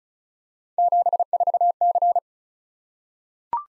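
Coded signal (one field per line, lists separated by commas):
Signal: Morse code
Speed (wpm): 36 wpm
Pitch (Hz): 700 Hz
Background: none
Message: 74C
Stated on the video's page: Morse head-copy practice drill at 35 wpm of random three-character letter-number groups, each sent, spoken, then sent again.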